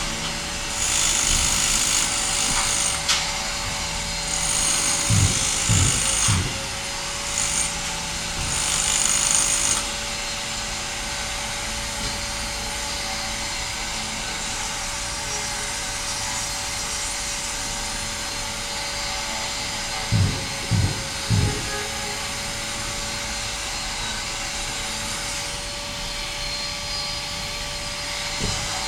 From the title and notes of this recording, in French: Travaux de rénovation de la passerelle sud. Septembre 2009, Massy.